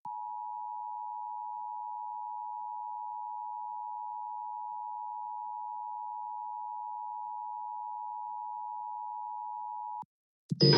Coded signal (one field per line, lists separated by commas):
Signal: Emergency Alert System (SAME) tones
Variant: 853 and 960 Hz attention tone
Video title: SPECIAL EDITION: DX Central Live | 1150 - KSEN - Shelby, Montana DX Test | Sunday, April 9, 2023